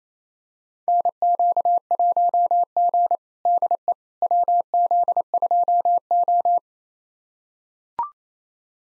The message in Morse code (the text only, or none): NQ1G DE WZ2O